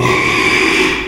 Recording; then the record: squeal of a Yucatan mini pig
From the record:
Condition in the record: after surgery on the right vocal fold (resection and tissue-engineered implant); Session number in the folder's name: 1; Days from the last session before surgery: 6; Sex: male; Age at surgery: 12 weeks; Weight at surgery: 13 kg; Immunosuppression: cyclosporine, prednisolone